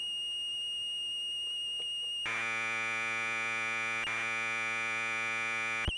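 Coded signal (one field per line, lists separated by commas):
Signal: Commodore tape loading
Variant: Commodore 1530 Datasette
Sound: high steady whistle, then a harsh constant buzzing tone full of harmonics, abrupt stop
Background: faint hiss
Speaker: the file header just the name of the file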